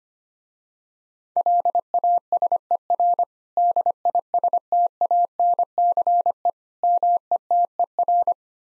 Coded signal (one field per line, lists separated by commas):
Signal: Morse code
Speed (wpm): 25 wpm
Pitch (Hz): 700 Hz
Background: none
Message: LASER DISTANCE METER